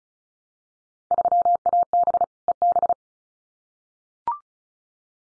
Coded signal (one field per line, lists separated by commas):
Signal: Morse code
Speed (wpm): 34 wpm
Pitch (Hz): 700 Hz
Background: none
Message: 3AB EB